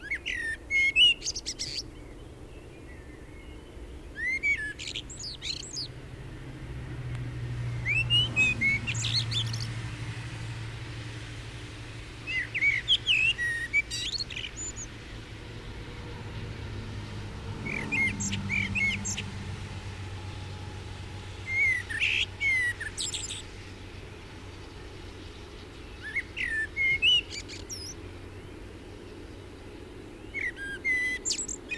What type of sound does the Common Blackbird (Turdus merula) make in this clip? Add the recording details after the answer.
song. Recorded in the wild. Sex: male. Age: adult. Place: Lörrach, Baden-Württemberg, DE. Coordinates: 47.6164, 7.67083. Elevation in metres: 306. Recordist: Tretzel, Erwin. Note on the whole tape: Pfingstwoche 1968, Lörrach: Gesang mit Dialekt A